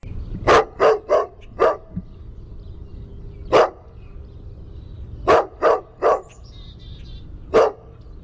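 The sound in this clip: Dog giving short sharp barks: a run of four, a single bark, a cluster of three, then one more single bark, spaced irregularly.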